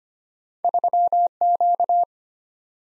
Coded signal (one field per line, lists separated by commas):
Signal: Morse code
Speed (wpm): 25 wpm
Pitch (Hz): 700 Hz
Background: none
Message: 3Q